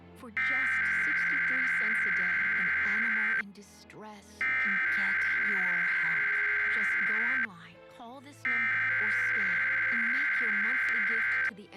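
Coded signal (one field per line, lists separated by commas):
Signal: Emergency Alert System (SAME) tones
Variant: header bursts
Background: speech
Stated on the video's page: Required weekly EAS test aired on a TV subchannel.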